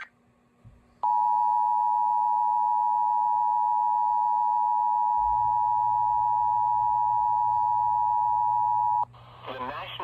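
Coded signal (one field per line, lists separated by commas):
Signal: Emergency Alert System (SAME) tones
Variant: 853 and 960 Hz attention tone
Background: speech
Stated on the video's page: Alerts including tornado warnings from Hanford and Salt Lake City weather offices during a cold-front event.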